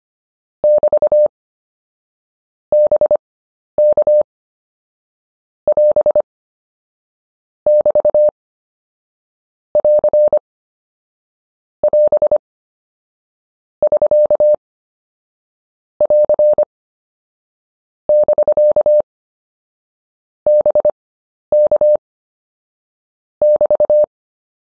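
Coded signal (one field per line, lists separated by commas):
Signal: Morse code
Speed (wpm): 25 wpm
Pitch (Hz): 600 Hz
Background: none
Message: <BT> BK <AS> <BT> <AR> <AS> <SK> <AR> <BK> BK <BT>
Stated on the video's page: Morse prosigns lesson, final module of an anchor words course.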